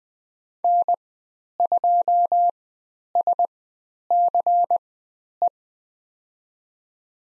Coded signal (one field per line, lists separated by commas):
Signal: Morse code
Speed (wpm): 20 wpm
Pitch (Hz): 700 Hz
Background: none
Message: N2SCE